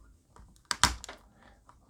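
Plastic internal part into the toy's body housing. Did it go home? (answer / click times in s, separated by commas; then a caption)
yes / 0.7 s, 0.8 s. During reassembly of a Furby toy's speaker area, a plastic internal part is bent and pushed back into the toy's body housing. Sharp plastic clicks ring out at 0.7 s and 0.8 s, followed by a smaller tick, and the part clicks into place.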